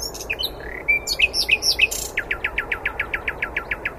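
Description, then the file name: Common nightingale song: slurred whistled notes, then a fast, even series of many sharp descending notes repeated several times per second. "Luscinia megarhynchos"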